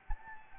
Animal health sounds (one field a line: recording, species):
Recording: mosquito wingbeat signal from an infrared sensor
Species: Anopheles gambiae